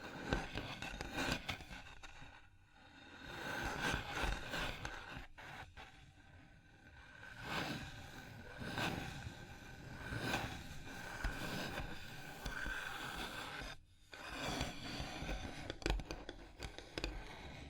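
Fingers tap, scratch and trace across a hard surface, with dense textured scraping that swells and eases in slow waves. Sharper taps punctuate the rubbing irregularly, and brief near-silent gaps fall around three, five and fourteen seconds.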